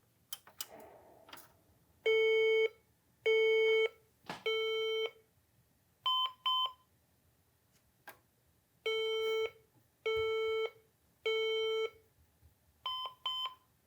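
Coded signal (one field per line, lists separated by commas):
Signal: beep code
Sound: buzzy computer beeps: three long, two short, then three long, two short again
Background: clicks and handling noise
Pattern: 3 long, 2 short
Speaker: we're having a different set of beeps happen now sounds like three long beeps and then two short beeps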